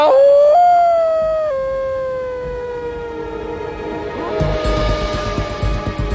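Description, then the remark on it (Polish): Wolves howling in a nature TV series as David Attenborough tries to make contact with them: a long, mournful howl rises then slowly slides downward in pitch, sustained and loud, with a rougher, noisier layer of howling joining near the end. “Dwuletni Brytyjczyk David Attenborough próbuje właśnie nawiązać kontakt z wilkami w jednym z licznych przyrodniczych seriali, których był gospodarzem na przestrzeni ostatnich 40 lat.”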